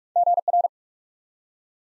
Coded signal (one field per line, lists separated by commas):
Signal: Morse code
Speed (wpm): 44 wpm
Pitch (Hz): 700 Hz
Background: none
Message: GR